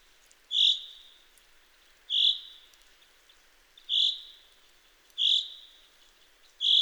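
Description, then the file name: Common chaffinch repeating a short, sharp high call note about every one and a half seconds, each with a brief fading tail. "Fringilla coelebs"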